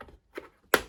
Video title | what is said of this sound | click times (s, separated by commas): How do You Organize Your Bits for Drill & Impact? For Service Calls, Jobsites, & Garages? | lock that in. | 0.7 s